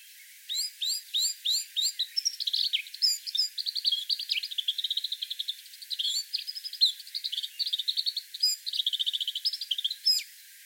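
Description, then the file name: Eurasian blackcap song, opening with a few sharp repeated downslurred notes, then a long rapid babbling warble of varied chirps and trills. "Sylvia atricapilla"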